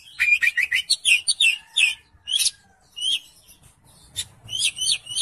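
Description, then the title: Oriental magpie-robin song: rapid, varied chirps and whistled phrases in quick bursts, a quieter stretch midway, then more sharp notes. "Kacer"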